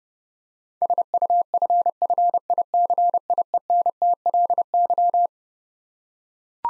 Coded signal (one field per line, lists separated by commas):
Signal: Morse code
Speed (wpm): 30 wpm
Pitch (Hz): 700 Hz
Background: none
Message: SUFFICIENTLY